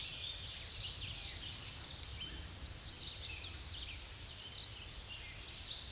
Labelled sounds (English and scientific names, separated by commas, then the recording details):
American Redstart (Setophaga ruticilla) song
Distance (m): 15 m
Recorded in a Pennsylvania forest on 16 May 2024 at 06:53
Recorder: AudioMoth, point MSD-2273
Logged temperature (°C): 16.0 °C
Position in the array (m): 49 m, 226 m